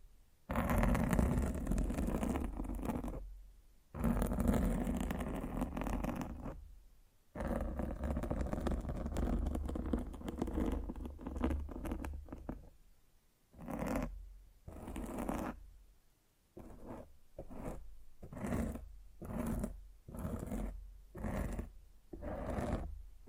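Rough mic scratching fills the recording, a dense rasping scrape with a low rumble underneath. Long scraping stretches run through the first half with short silent breaks, then give way to quicker, regular strokes roughly every second toward the end.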